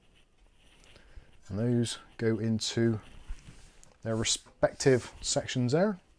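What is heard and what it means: Someone talks while handling a case accessory bracket with three small channels, lining it up with its slots in the steel chassis of a Lian Li Lancool 216 White ARGB mid-tower PC case, with a few faint handling ticks between the words. Nothing has seated or clicked yet; the bracket has not been pushed in and slid forward to lock.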